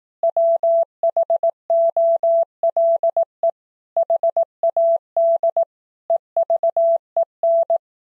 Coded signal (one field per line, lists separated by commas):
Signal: Morse code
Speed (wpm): 18 wpm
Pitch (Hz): 670 Hz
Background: none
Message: WHOLE HAD EVEN